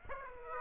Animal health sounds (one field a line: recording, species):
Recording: mosquito wingbeat signal from an infrared sensor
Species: Aedes aegypti